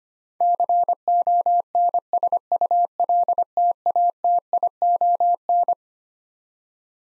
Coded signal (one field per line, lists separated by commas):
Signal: Morse code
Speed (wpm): 25 wpm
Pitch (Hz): 700 Hz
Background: none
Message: CONSULTATION